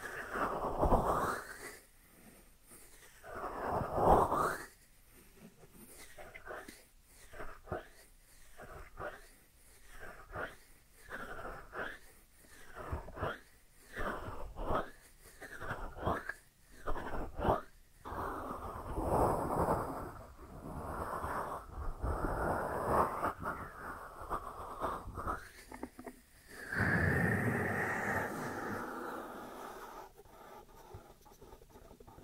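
Dry hands rub and brush against each other in a steady run of short, papery strokes, roughly one or two per second. The strokes are soft and hissy with a little low rumble, and around 27 seconds a longer, fuller rub stretches out before quieter strokes resume.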